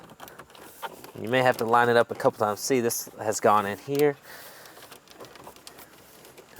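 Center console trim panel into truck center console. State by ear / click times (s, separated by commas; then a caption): not seated / none. The plastic center console trim panel of a 2015–20 Ford F-150 is repositioned and aligned with its mounting points on the truck's center console before being pushed home. Light taps and small plastic knocks are heard near the start and again from about 5.1 s to 6.6 s, while someone talks in between. Nothing has seated or clicked into place yet.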